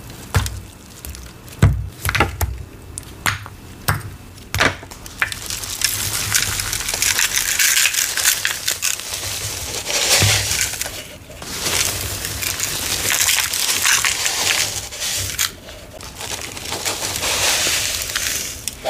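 Crisp pats and taps on crunchy cornstarch open the first five seconds, each one sharp and separate. After that a steady, bright, gritty rush takes over, like pouring water over grainy material, continuing densely to the end with brief dips near eleven and fifteen seconds.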